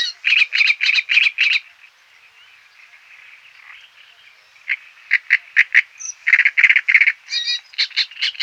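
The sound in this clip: Great reed warbler song, loud grating croaky notes repeated in quick rattling runs, a pause of a few seconds, then more harsh chattering phrases with a squeaky higher note.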